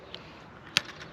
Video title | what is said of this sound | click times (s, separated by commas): VolantexRC Trainstar Stunt - and easy trainer plane for beginners with helpful features | And it will just click on, and we're good to go again for battery number 2. | 0.8 s